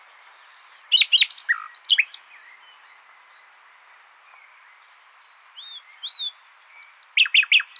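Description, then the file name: Common nightingale song with sharp chattering and rapid notes early, a long quiet gap with a few thin slurred whistles, then a fast rattling burst. "Luscinia megarhynchos"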